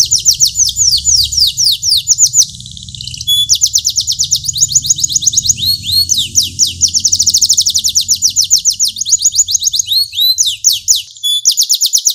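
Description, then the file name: Canary delivering rolling, high-pitched trills and sweeping notes in fast succession, with a short dip in volume early on before the song resumes at full pace. Large standard canary, lemonthy type, singing with two-minute pauses. "audio kenari standar besar lemonthy jeda 2 menit"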